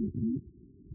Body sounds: neck accelerometer signal played as sound; no cough (speech, laughter, throat clearing or background)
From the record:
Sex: female

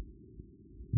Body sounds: neck accelerometer signal played as sound; no cough (speech, laughter, throat clearing or background)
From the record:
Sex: male

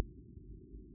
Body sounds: neck accelerometer signal played as sound; no cough (speech, laughter, throat clearing or background)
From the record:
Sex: male

